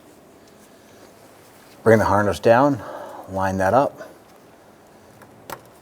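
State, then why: Seated. On a 2006-2013 Chevrolet Impala, the adapter harness plug on a vapor canister vent solenoid is brought down, lined up, and pushed into the vehicle's mating harness connector. Someone talks, then after a quiet stretch two short clicks are heard at about 5.2 and 5.5 seconds as the connector seats in place.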